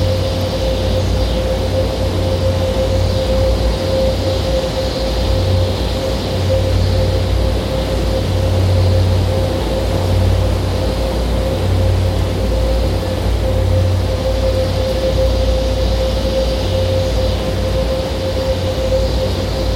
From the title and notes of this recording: Noise wall drone I created using various field recordings of nature, that I made over the last few years.